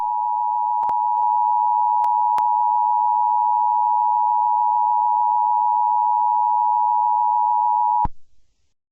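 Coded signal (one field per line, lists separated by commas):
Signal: Emergency Alert System (SAME) tones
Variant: 853 and 960 Hz attention tone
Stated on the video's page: Fictional EAS scenario about a school shutdown.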